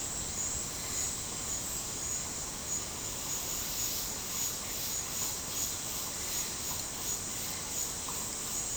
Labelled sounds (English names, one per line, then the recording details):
none
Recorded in dense forest near Puerto Asís, Putumayo, Colombia, on 12 March 2025 at 13:30
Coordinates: 0.467, -76.328
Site G041